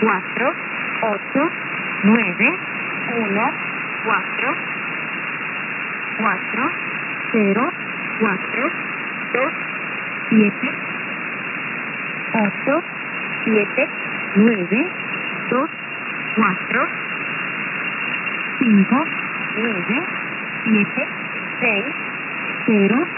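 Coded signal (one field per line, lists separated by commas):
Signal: numbers station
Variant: V07 Spanish Lady, Spanish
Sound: a woman's voice reading short, evenly spaced Spanish numbers through radio hiss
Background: radio static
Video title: V07 "The Spanish Lady," numbers station, 14774 kHz USB, 20 FEB 2022, 01:20 UTC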